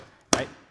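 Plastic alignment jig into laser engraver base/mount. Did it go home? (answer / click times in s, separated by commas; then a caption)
yes / 0.3 s. A 3D-printed plastic alignment jig is pushed into its mount on the base of a LaserPecker 2 Deluxe laser engraver stand. A sharp, loud knock at 0.3 s marks it locking into place, followed by a softer knock at 0.8 s. The jig is seated and locked in.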